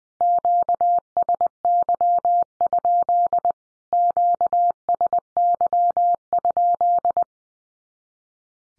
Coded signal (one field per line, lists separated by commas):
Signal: Morse code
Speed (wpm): 20 wpm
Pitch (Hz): 700 Hz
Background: none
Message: QSY? QSY?